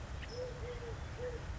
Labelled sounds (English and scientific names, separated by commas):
Eurasian Collared Dove (Streptopelia decaocto)